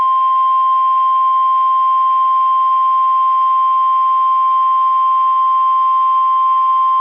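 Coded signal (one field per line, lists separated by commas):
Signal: Emergency Alert System (SAME) tones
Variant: 1050 Hz attention tone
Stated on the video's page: Valid EAS tones for a real Severe Thunderstorm Warning for Brown and Day Counties, South Dakota.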